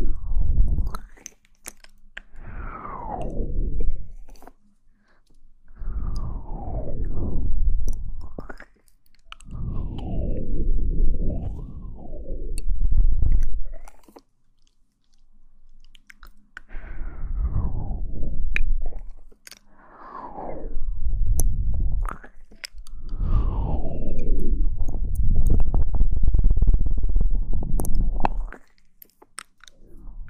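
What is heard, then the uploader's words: Mouth sounds in repeated wet bursts a few seconds long, sliding up and down in pitch, with clicks and short quiet gaps between them. Mouth Sounds.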